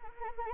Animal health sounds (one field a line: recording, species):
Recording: mosquito wingbeat signal from an infrared sensor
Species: Anopheles arabiensis